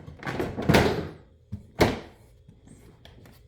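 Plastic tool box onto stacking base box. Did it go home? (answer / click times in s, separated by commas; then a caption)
no / none. A plastic Ryobi LINK tool box is re-stacked onto another stacking base box, making two heavy plastic thunks around 0.8 s and 1.8 s, followed by a few faint light ticks. The stacking latch fails to catch, and nothing has seated or clicked yet.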